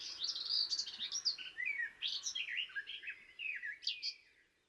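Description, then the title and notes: Warbler song, a quieter fast warbling stream of varied, slurred notes. Discreet in plumage but a marvellous singer. "Observation sonore - La Fauvette des jardins. Rencontre avec la Fauvette des jardins (Sylvia borin)"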